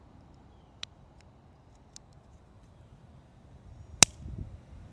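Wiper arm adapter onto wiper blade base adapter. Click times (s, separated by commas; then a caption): 4.0 s. A plastic 3H2 push-button wiper adapter is pressed onto the long plastic base adapter of a new Mercedes windshield wiper blade. Faint ticks come at 0.8 s and 2.0 s, then a sharp, loud click at 4.0 s as it snaps into place, followed by low rustling handling noise.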